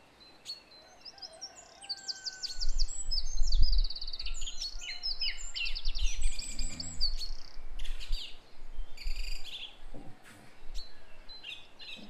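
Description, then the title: Song thrush song of repeated high note groups and rapid trilled phrases, with a low rumble underneath. Recorded at 06:00. "Zanglijster 06h"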